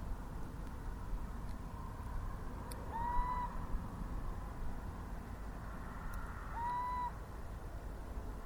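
Little owl repeating its whistled call twice, a slurred upward note held briefly, roughly three and a half seconds apart, amid continuous low-frequency rumbling and faint clicks.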